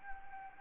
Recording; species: mosquito wingbeat signal from an infrared sensor; Anopheles arabiensis